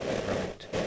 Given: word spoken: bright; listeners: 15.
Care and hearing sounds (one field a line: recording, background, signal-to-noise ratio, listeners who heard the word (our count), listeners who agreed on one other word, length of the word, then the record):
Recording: one English word in noise, from a listening test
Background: noise modulated by three-talker babble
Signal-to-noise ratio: -4.0 dB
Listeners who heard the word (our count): 1 of 15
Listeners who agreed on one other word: 6 of 15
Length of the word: 0.47 s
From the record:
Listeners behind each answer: 6, 2, 1, 1, 1, 1, 1, 1, 1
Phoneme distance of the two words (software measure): 7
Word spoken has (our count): 1 syllable, 4 phonemes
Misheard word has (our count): 1 syllable, 3 phonemes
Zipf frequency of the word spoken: 4.82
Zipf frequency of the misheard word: 6.36